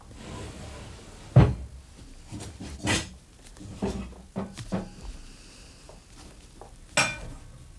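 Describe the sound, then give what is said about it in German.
A cupboard door under the sink bangs open with a sharp knock, followed by clattering metal as a frying pan is pulled off the shelf and handled, with scattered clunks and scrapes and a final bright clink. “Haben Sie eine Pfanne?”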